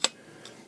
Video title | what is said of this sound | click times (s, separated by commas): Brad's MK1 Teensysaber w Rudy Crystal Chamber and Shtok Internals | And it locks in place like that. | 0.0 s